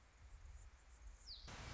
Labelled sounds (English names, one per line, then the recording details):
Anna's Hummingbird
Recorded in Sonoma County, California